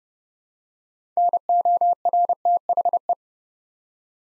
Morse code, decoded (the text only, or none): NORTHE